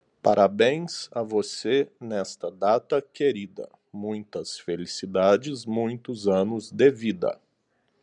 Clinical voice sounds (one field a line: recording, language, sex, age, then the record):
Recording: short text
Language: Brazilian Portuguese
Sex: male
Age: 30 to 39 years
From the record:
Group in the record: control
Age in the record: 36 years